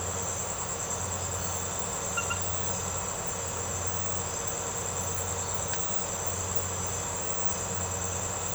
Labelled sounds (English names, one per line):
none